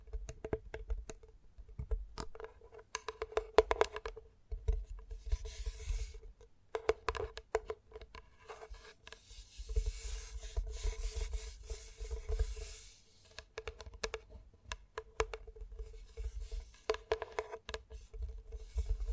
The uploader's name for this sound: ASMR Gentle Tapping